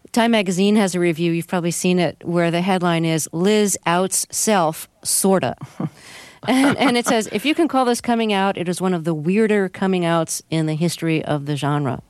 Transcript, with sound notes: Time magazine has a review - you've probably seen it - where the headline is, Liz outs self - sort of.
(Laughter).
And it says, if you can call this coming out, it is one of the weirder coming outs in the history of the genre.